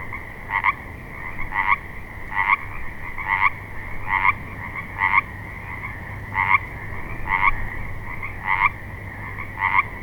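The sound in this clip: Frog croaking, a short double-toned rasping croak repeated about once every second in a steady rhythm, with a faint low hum behind.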